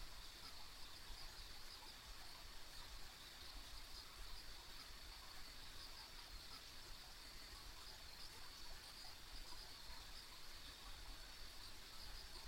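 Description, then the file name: Insects in a steady, even chorus, a continuous high shimmering band with no breaks, over a soft low rumble. Ambient insect sounds on a country road. "田舎道の虫の環境音"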